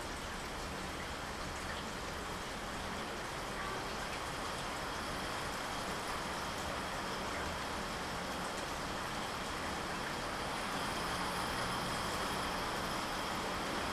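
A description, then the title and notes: Gentle rain falls in a steady, dense hiss that fills everything from low rumble to bright top, with no gaps or separate drops standing out. A soft low rumble runs underneath, and the sound swells slightly louder from about eleven seconds on. The Gentle Rain Relaxes You.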